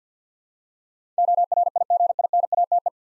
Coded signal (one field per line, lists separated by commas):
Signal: Morse code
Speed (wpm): 52 wpm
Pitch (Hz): 700 Hz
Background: none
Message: ORIGINATE